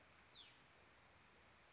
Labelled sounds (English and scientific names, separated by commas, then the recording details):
Hutton's Vireo (Vireo huttoni)
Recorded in Sonoma County, California